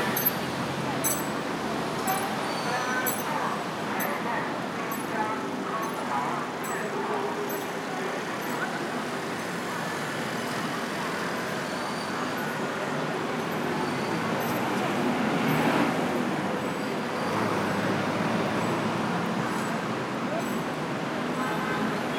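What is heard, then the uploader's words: A street walk along Jiang Ning Lu, with a steady wash of traffic noise and passing vehicles throughout. Voices murmur in the mix, and short bright tones and clicks repeat every second or so. The traffic swells briefly around the fifteen-second mark. Growing Up With Shanghai- Anyuan Lu. This walk starts down Jiang Ning Lu and finally begins at An Yuan Lu toward the middle of the track.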